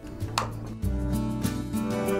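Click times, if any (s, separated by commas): 0.4 s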